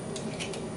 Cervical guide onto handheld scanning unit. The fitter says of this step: simply churn you'll hear a soft click and that's how you know the cervical guide has been correctly attached